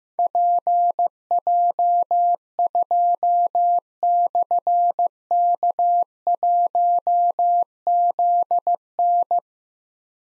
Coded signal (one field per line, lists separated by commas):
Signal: Morse code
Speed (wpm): 15 wpm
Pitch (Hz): 700 Hz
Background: none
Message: PJ2/K1ZN